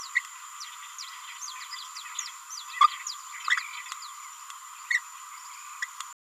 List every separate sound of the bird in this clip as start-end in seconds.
2.78-2.87, 3.48-3.59, 4.91-4.99, 5.83-5.84